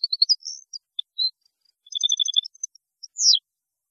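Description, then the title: European goldfinch song: fast twittering of high notes, a rapid trill, and a closing downslurred note. "Chant Chardonneret"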